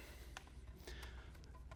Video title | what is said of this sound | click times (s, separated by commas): Height Poles | and our spring-loaded plunger should pop into place. | 0.4 s